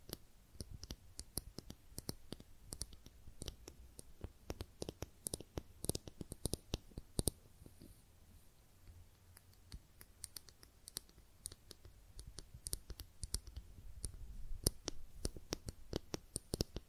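Makeup being tapped and scratched, a dense run of sharp clicks and taps scattered irregularly across the whole stretch, several every second. The hits are crisp and bright, some sharper than others, with a faint low hum running steadily underneath.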